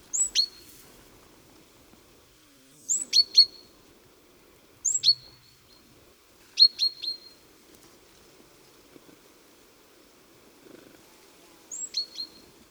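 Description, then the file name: Great tit calls: short high-pitched phrases of two or three sharp notes, each dropping into a thin steady tone, repeated at intervals over a faint low hum. "Parus major"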